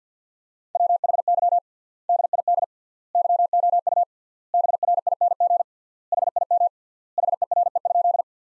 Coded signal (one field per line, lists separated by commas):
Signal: Morse code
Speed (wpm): 50 wpm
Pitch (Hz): 700 Hz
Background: none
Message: WHY DID YOU BRING HIM HERE?